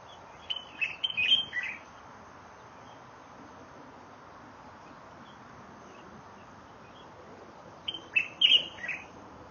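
Light-vented bulbul song: two short bursts of bright, chirpy whistled notes, one near the start and another about seven seconds later, over a steady soft background hiss.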